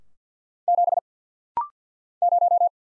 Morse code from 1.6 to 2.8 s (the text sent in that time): 0